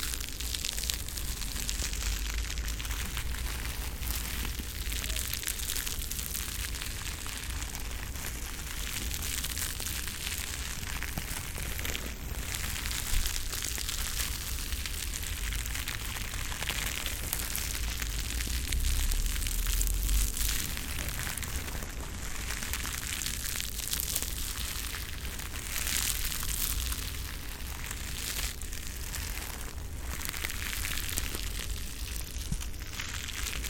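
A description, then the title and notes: Crunchy sponges crackle and rustle without pause for the whole stretch, a dense texture of tiny snaps packed tightly together. Louder crunches break through every few seconds, and a low, muffled rumble runs underneath throughout. Enjoy the sound of crunchy sponges.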